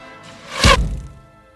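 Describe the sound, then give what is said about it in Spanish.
William Tell shoots an arrow at an apple in the public square of Altdorf: a faint rising swish, then a single sharp, heavy thud as it splits the apple in two, its low boom fading out over about half a second. “Guillermo Tell, sereno, levantó su arma, apuntó y disparó la flecha.”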